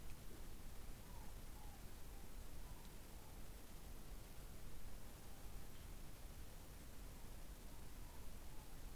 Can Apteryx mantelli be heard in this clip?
no